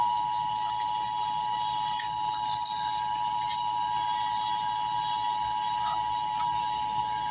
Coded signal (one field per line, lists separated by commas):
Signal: Emergency Alert System (SAME) tones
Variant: 853 and 960 Hz attention tone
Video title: Emergency Alert System - Extreme Cold Watch - Jan 25, 2026 at 12:05 PM EST